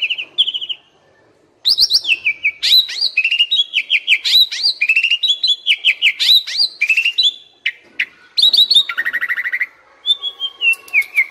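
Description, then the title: Flycatcher song: after a couple of brief whistles and a short pause, a rapid stream of slurred whistles, buzzy trills and clicking notes runs on nearly nonstop. Sikatan londo masteran training material for cage birds, continuous full-speed 'tembakan' song. "Materi Suara Burung Sikatan Londo Masteran Hits Tembakan Full Speed Rapet Durasi"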